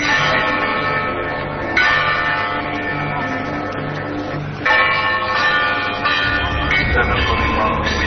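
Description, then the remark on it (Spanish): Church bells at the sanctuary in Fátima ring out in overlapping, resonant tolls, fresh strikes landing every couple of seconds over a sustained metallic hum, with a low rumble swelling underneath toward the end. “Estas son las campanas, así suenan campanas, de un lugar llamado Fátima”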